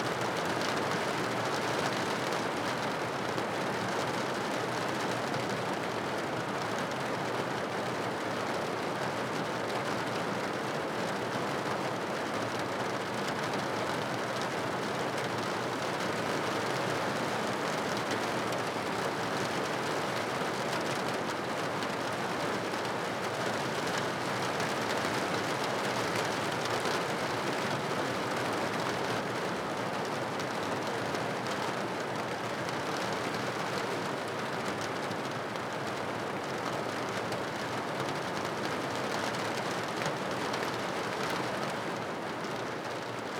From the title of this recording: Rain on the Window